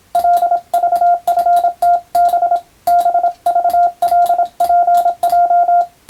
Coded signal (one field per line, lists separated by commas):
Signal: Morse code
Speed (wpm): 27 wpm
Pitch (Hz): 700 Hz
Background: radio noise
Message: LVFTB BVLPJ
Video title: ＦＴ８も楽しいけどＣＷはもっと楽しいぞ！モールス信号を操る匠の技！自分の頭の中で符号を変換して脳を活性化させよう！(morse code practice for radio operator )